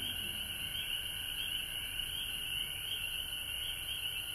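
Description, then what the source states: Frogs in full chorus, a constant shrill trilling wash with slight wavering in pitch, unbroken from start to finish. Recorded at home in Georgia on March 19, 2020.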